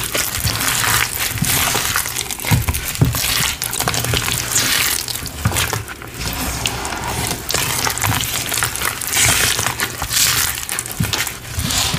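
Green cornstarch and gym chalk powder being sifted and mixed, a dense, steady hiss of fine grains with constant crinkly, crumbling texture. Short soft thumps and taps break through irregularly, a few per second, with no pauses across the stretch.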